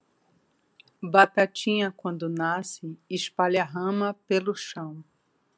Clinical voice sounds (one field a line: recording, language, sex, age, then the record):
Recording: short text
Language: Brazilian Portuguese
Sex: female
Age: 40 to 49 years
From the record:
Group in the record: control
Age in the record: 48 years